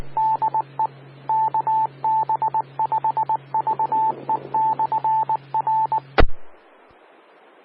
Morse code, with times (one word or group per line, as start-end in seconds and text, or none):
0.2-0.9 DE
1.3-6.0 KB5VE/R